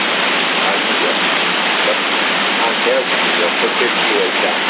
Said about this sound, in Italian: dobbiamo aspettare ancora, sta più avvicinando quella pioggia